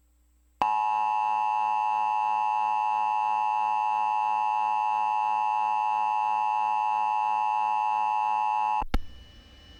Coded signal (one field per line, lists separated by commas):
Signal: Emergency Alert System (SAME) tones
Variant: 853 and 960 Hz attention tone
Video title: National EAS Test on CBS